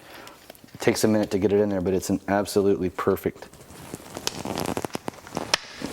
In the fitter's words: So as you can see, it snaps right in there and it's tighter than the factory.